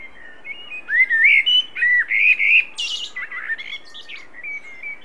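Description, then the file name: Common blackbird song: rich, flowing whistled notes running smoothly into a brief high, thin chattering flourish, then softer trailing notes. "Turdus merula"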